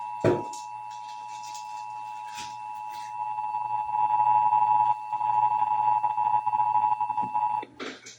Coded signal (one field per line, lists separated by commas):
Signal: Emergency Alert System (SAME) tones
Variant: 853 and 960 Hz attention tone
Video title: (EAS #930-934) September 2025 Texas Required Monthly Test